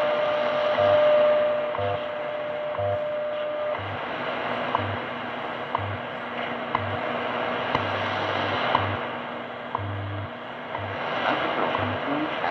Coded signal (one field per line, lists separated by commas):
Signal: radio time signal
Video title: WWV 10 MHz received Eton S350DL portable receiver on Shortwave